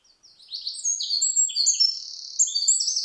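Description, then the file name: Eurasian wren song: a rapid, very high outpouring of sharp notes and fast rattling trills, starting after half a second and running without pause to the end. "Troglodytes troglodytes"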